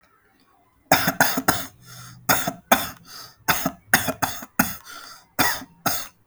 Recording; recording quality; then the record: shallow voluntary cough; excellent, no background noise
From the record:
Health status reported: healthy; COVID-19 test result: negative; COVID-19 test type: RT-PCR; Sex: male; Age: 33 years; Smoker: no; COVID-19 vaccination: one dose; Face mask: not worn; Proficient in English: yes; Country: India